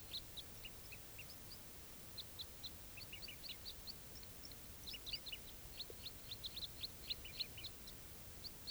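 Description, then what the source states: Crossbill flock calling, dense run of brief high chips in clusters, several birds at once, over faint low environmental noise. Wild crossbills; quite a few crossbills in the area.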